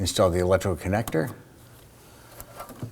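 Someone talks while handling an electrical connector that is being fitted onto a solenoid during a vapor canister replacement on a 2015-2024 Nissan Murano. After the speech there is quiet handling with a brief sharp tick near 2.4 seconds. The connector has not latched or clicked into place yet.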